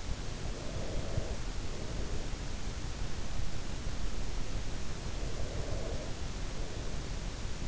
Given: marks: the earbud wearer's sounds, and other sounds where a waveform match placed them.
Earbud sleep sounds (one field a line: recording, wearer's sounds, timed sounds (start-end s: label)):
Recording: sounds in sleep by an in-ear microphone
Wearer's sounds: breath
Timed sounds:
0.56-2.90 s: breath
4.89-7.68 s: breath